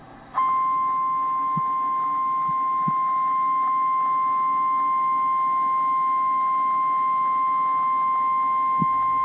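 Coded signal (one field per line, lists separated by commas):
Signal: Emergency Alert System (SAME) tones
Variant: 1050 Hz attention tone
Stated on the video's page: Real EAS alerts from a severe weather event, recorded while the recorder was away from home.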